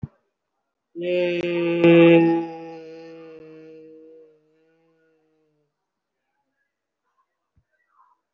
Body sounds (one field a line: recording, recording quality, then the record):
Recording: sustained vowel as in made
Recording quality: excellent, no background noise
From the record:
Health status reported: respiratory illness, not identified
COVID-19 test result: negative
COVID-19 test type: RT-PCR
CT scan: not taken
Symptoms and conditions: cold, breathing difficulty, asthma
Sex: male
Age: 25 years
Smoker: no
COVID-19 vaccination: one dose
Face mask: worn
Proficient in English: yes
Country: India